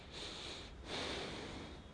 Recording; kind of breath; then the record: one breath in and out by a microphone near the nose and mouth; deep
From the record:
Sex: male